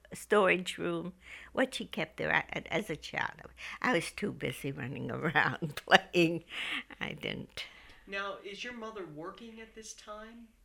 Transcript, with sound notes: storage room that she kept as a child. I was too busy running around playing. ( she laughs ) I didn't.
Now, is your mother working at this time?